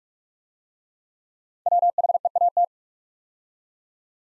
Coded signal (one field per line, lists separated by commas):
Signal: Morse code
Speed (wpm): 44 wpm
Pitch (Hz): 700 Hz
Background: none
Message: WHEAT